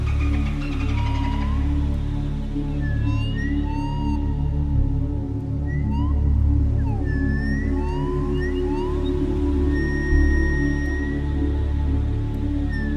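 Beluga whale whistles and squeaky chirps, upswept and downswept notes throughout, with one long flat tone, above a constant low droning hum.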